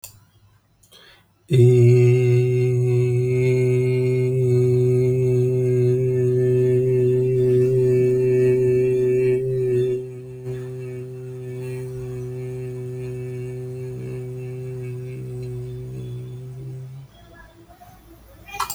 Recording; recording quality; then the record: sustained vowel as in made; excellent, no background noise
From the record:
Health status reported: healthy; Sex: male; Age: 35 years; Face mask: not worn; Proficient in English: yes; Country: India